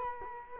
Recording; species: mosquito wingbeat signal from an infrared sensor; Culex quinquefasciatus